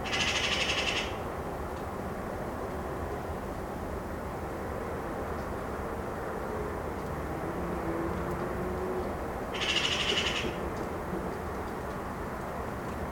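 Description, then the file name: Eurasian magpie chattering in two dry, fast rattles, one at the start and another about ten seconds later, with continuous low background rumble between. "Pica pica"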